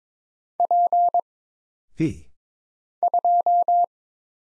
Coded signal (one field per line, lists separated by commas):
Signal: Morse code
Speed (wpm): 22 wpm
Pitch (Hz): 700 Hz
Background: none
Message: P 2